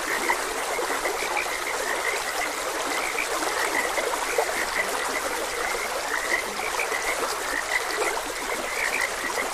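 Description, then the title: Frog chorus of quick, bright chirping notes repeated throughout, set against continuous hissing stream water. Frogs croaking beside a gentle stream. "Gentle Stream and Frogs Croaking"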